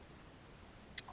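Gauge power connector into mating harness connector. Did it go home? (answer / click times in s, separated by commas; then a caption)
yes / 1.0 s, 1.1 s. Two plastic wiring connectors carrying 12V power for an AEM UEGO wideband gauge on a C7 Corvette are pushed together behind the console trim, with the gauge power connector going into its mating harness connector. A sharp click at 0.98 s is followed by a softer one at 1.09 s as the connectors snap into place and are confirmed seated.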